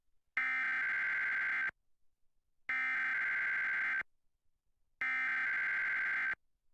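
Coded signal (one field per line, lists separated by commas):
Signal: Emergency Alert System (SAME) tones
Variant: header bursts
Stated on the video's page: Required Monthly Test EAS tones, the test aired on New York City AM radio and digital TV stations.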